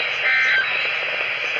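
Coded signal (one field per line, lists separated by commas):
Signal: Emergency Alert System (SAME) tones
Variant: end-of-message bursts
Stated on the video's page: Tornado warning from a National Weather Service office, received through self activation.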